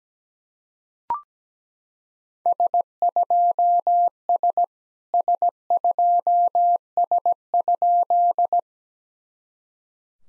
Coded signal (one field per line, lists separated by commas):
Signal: Morse code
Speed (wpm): 18 wpm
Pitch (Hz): 700 Hz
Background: none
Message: S2S S2S?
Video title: SOTA QSO Practice 17wpm